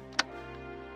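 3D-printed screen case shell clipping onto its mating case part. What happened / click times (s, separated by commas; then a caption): The plastic case part clipped into place / 0.2 s. A 3D-printed plastic shell part for a 7-inch touchscreen case is pressed into its mating case part at the same spot as before. A sharp click at 0.2 s marks the part clipping into place, followed by a faint tick near 0.55 s over a steady tonal background. The part is seated.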